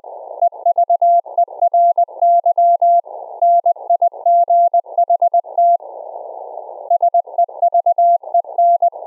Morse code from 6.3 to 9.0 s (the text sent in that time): SEVEN